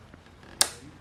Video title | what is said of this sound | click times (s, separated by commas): Best Rear Passenger Foot Peg Upgrade for GSXR 1000 | You hear that click? | 0.6 s